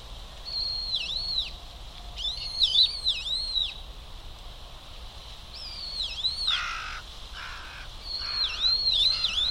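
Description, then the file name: Brown-eared bulbul calls: shrill up-and-down wavering squeals repeated in bursts, with another bird's harsh rasping notes in the middle. Recorded 6 November 2020. "hiyodori 20201106"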